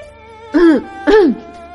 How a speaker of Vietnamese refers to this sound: Công Tôn chưa nói xong, Triệu Phổ đã ho khan một tiếng nói